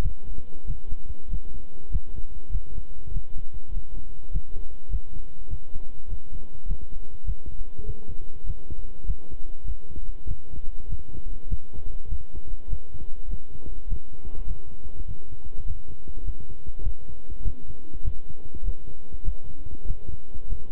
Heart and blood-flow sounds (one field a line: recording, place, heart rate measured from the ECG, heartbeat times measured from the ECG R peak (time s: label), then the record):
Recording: heart sounds by stethoscope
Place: between the tricuspid and mitral areas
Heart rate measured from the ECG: 100 bpm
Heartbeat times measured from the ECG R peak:
0.01 s: heartbeat
0.65 s: heartbeat
1.28 s: heartbeat
1.90 s: heartbeat
2.50 s: heartbeat
3.11 s: heartbeat
3.71 s: heartbeat
4.31 s: heartbeat
4.89 s: heartbeat
5.48 s: heartbeat
6.07 s: heartbeat
6.66 s: heartbeat
7.24 s: heartbeat
7.84 s: heartbeat
8.44 s: heartbeat
9.04 s: heartbeat
9.64 s: heartbeat
10.26 s: heartbeat
10.87 s: heartbeat
11.47 s: heartbeat
12.08 s: heartbeat
12.68 s: heartbeat
13.28 s: heartbeat
13.87 s: heartbeat
14.45 s: heartbeat
15.06 s: heartbeat
15.65 s: heartbeat
16.23 s: heartbeat
16.82 s: heartbeat
17.42 s: heartbeat
18.03 s: heartbeat
18.63 s: heartbeat
19.23 s: heartbeat
19.85 s: heartbeat
20.47 s: heartbeat
From the record:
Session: walking at 3.7 km/h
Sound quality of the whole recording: good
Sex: male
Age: 26 years